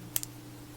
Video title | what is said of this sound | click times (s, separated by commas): AE#226 Bally Eight Ball Pinball Machine Repair | it clicks into place | 0.2 s